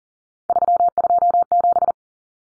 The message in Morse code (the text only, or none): 327